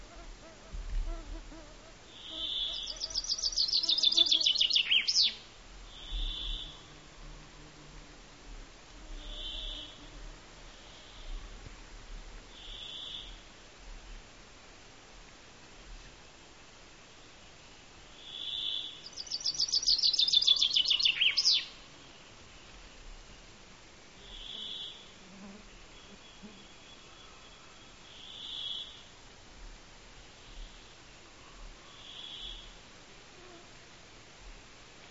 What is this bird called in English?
Common Chaffinch